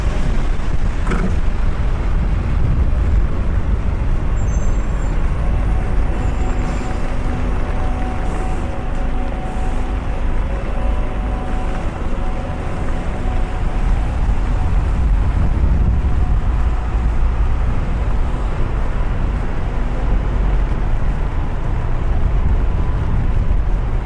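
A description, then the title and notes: A steady, dense wash of rain and city noise fills a London street, with a deep rumble of passing traffic underneath. Faint engine tones drift in and out, a sharp knock sounds near the start, and small bright squeaks appear around five to seven seconds. LONDON CITY WALK UNDER THE RAIN ASMR AMBIENT NOISES. The podcast features a walk in London, under the rain.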